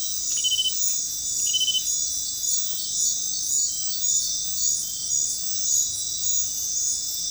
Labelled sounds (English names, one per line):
none